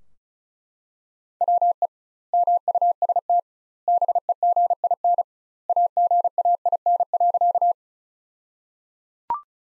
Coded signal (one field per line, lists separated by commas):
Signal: Morse code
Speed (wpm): 36 wpm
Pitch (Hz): 700 Hz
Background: none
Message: WE MUST BEGIN AGAIN.